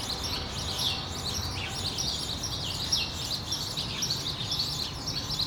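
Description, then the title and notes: Sparrows in a dense chattering chorus of overlapping cheeps, continuous throughout, above a low background hum. Sparrows on Rue de l'épargne, Brussels, Belgium, on World Sparrow Day; Lom mikroUši microphones into Deity PR-2 recorder. "Rue de l'épargne, Bruxelles, Bruxelles-Capitale, Belgique - World Sparrow Day. Sparrows - moineaux"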